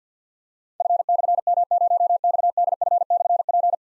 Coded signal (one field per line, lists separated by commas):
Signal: Morse code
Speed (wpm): 50 wpm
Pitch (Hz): 700 Hz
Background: none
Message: F/M0XDF/P